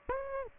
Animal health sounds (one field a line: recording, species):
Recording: mosquito wingbeat signal from an infrared sensor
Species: Aedes albopictus